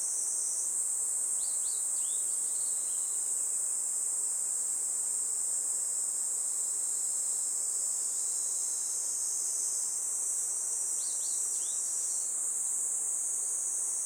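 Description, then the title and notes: Kaempfer cicadas in an unbroken high drone, with bird chirps in small clusters around two seconds and again near eleven seconds. Chorus of Kaempfer cicadas that had just begun singing in a forest by the Tama River in summer, with birds also singing. "多摩川の森、ニイニイゼミたちの合唱"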